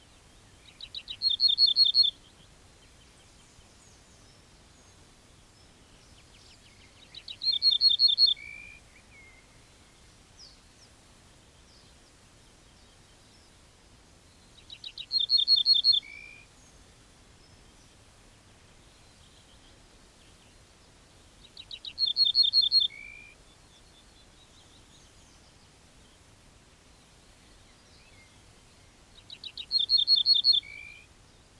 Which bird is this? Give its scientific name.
Emberiza hortulana